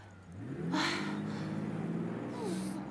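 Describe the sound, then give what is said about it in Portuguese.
A car engine revs up, its pitch climbing sharply, then settles into a steady throaty drone with bursts of hissy roar as it pulls away. “Levou o meu carro.”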